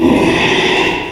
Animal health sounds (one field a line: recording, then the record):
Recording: squeal of a Yucatan mini pig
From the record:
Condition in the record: after surgery on the right vocal fold (resection and tissue-engineered implant)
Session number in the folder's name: 1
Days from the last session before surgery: 6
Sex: male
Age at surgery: 12 weeks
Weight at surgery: 13 kg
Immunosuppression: cyclosporine, prednisolone